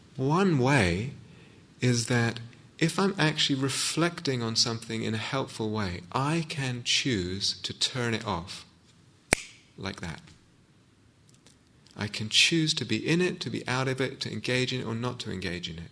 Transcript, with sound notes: One way is that if I'm actually reflecting on something in a helpful way, I can choose to turn it off -- [snaps fingers] like that. I can choose to be in it, to be out of it, to engage in it, or not to engage in it.